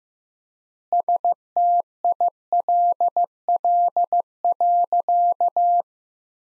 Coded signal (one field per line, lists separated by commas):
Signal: Morse code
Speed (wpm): 15 wpm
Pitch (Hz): 700 Hz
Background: none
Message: STILL.